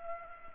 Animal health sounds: mosquito wingbeat signal from an infrared sensor; Culex pipiens

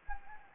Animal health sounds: mosquito wingbeat signal from an infrared sensor; Anopheles gambiae

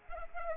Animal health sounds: mosquito wingbeat signal from an infrared sensor; Culex pipiens

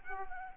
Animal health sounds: mosquito wingbeat signal from an infrared sensor; Aedes aegypti

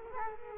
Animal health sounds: mosquito wingbeat signal from an infrared sensor; Culex quinquefasciatus

